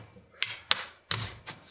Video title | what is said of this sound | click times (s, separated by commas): توجيه ليحل محل ديل انسبايرون N4010 الشاشة | so now it's popping off going very slowly | 0.4 s, 0.7 s, 1.1 s